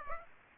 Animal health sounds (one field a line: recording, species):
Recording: mosquito wingbeat signal from an infrared sensor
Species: Aedes aegypti